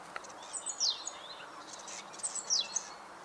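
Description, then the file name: Great tit calling: two brief, high, sharply falling notes with fainter notes around them, against soft background noise. "Parus major"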